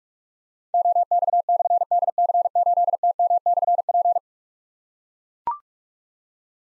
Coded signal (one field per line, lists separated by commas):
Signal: Morse code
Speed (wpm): 44 wpm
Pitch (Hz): 700 Hz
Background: none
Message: OX/DC8TM/P